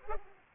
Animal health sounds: mosquito wingbeat signal from an infrared sensor; Culex pipiens

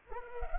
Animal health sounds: mosquito wingbeat signal from an infrared sensor; Culex pipiens

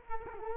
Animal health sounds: mosquito wingbeat signal from an infrared sensor; Culex quinquefasciatus

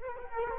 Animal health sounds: mosquito wingbeat signal from an infrared sensor; Culex quinquefasciatus

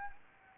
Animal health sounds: mosquito wingbeat signal from an infrared sensor; Anopheles gambiae

